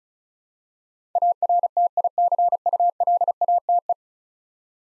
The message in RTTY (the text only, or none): none